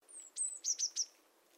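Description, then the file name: Eurasian blue tit call: a high thin whistle then three short scratchy notes in quick succession. "Cyanistes caeruleus"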